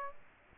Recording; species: mosquito wingbeat signal from an infrared sensor; Aedes aegypti